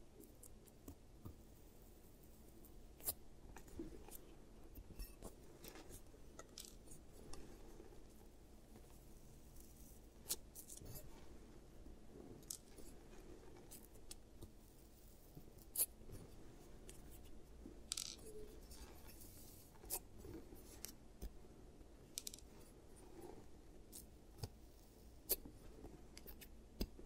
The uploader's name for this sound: ASMR Giant Teeth Treatment, Fixing Your Cavities